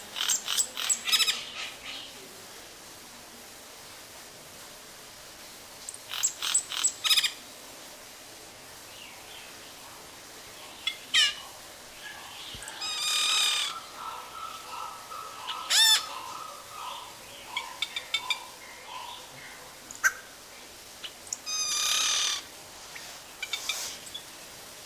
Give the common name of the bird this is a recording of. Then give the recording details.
Yellow-rumped Cacique. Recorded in captivity. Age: adult. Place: Zoo Berlin, Berlin, DE. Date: 1997-11-15 11:48. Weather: overcast, light rain shower, 5°C. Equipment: Nagra SN, Kopie Uher 4000 Report Monitor. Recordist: Tembrock, Günter